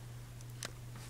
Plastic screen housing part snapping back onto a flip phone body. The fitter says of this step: Once you hear that click, that means your phone is up and ready to use.